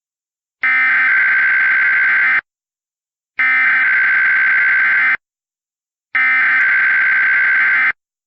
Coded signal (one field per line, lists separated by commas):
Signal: Emergency Alert System (SAME) tones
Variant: header bursts